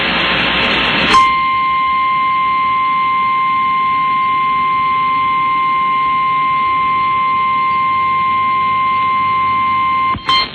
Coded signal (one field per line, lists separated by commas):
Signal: Emergency Alert System (SAME) tones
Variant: 1050 Hz attention tone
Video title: EAS Tornado Drill South Dakota NOAA Weather Radio/KBRK (Tornado Watch #9999/Tornado Warning)